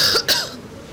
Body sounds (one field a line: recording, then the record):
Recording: coughing mixed with background sound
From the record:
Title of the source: November cold (wet coughing)